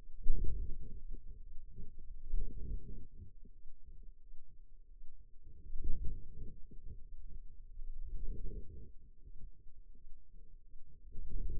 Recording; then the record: forearm muscle sounds (acoustic myography)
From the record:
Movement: wrist extension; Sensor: system 2, bracelet of six BSWA MPA416 microphones around the upper forearm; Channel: 1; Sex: female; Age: 23 years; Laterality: right